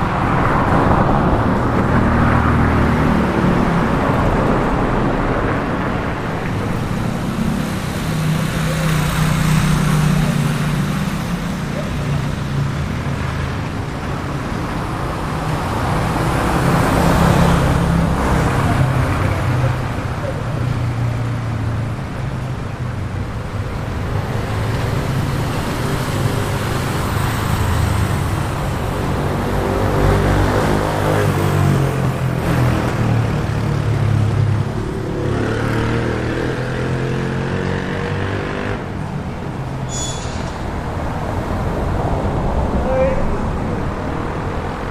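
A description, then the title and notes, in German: A Latin American street hums with steady traffic, a constant low rumble of passing cars, with faint voices and a brief sharp sound near forty seconds. Lateinamerikas Straßen: Beruhigende Geräusche zum Einschlafen.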